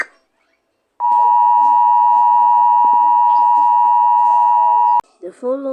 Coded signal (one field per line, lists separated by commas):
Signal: Emergency Alert System (SAME) tones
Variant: 853 and 960 Hz attention tone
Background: speech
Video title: EAS scenario CN SD40-2W exe #5252